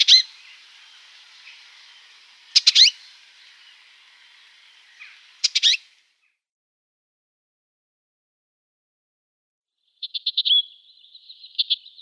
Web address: Schulze Peter Icterine Warbler calls